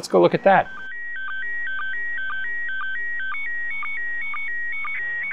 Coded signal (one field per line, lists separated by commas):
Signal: SSTV (slow-scan television)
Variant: PD 120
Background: speech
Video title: Ham Radio - Automate satellite capture with Gpredict and GQRX on Linux.